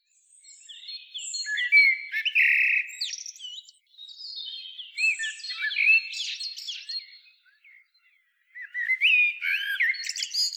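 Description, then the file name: Eurasian blackbird delivering warbled song phrases mixed with squeaky high twitters, three bursts broken by brief gaps, the last beginning after a quiet moment. "Turdus merula"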